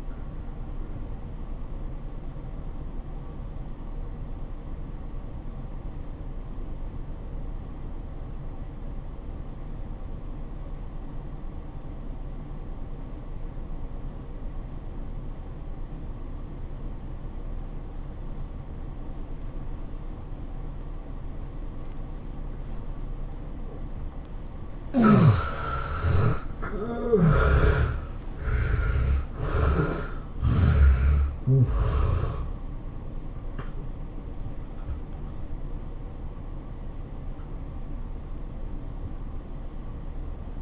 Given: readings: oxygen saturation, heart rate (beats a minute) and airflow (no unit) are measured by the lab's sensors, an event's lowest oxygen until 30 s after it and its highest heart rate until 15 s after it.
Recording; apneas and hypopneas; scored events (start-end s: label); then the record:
breathing in sleep by a smartphone at the bedside; 1
7.00-25.10 s: obstructive apnea (N1, oxygen 91% highest, then 71% lowest, heart rate 91 at the start, 108 highest)
From the record:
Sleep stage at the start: N1 (lightest sleep); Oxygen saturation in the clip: 69 to 91%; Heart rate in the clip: 74 to 108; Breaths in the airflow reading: 3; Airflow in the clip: -15.9 to 15.8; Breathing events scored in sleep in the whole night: 403 in 5.5 hours asleep